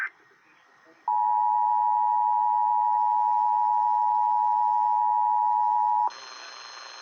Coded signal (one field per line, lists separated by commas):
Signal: Emergency Alert System (SAME) tones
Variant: 853 and 960 Hz attention tone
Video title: EAS 774-775 KDKA RWT